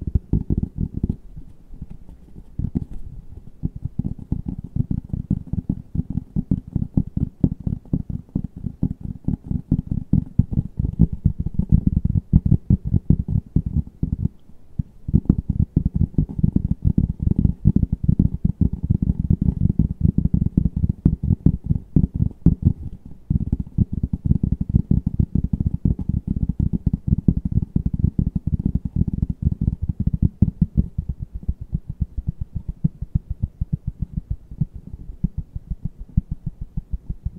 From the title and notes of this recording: ASMR TAPPING NO TALKING, ASMR TAPPING FAST, ASMR TAPPING AGRESSIVE, ASMR TAPPING AROUND.